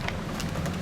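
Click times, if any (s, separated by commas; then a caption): 0.1 s. A batten tip fitting is lined up on a wing sail and allowed to pop into place rather than shoved in. A short, sharp pop sounds at 0.1 s over a steady low background noise, and the tip fitting is seated in the wing.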